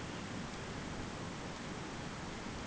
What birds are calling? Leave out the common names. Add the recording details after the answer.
none. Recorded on Arctic tundra, site ZACK-1, on 15 June 2019. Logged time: 21:49